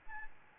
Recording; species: mosquito wingbeat signal from an infrared sensor; Aedes albopictus